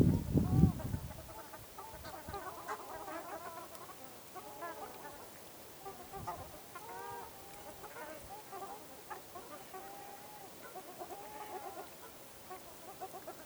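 Ruddy shelducks giving a steady run of nasal honks after a brief loud rumble at the start.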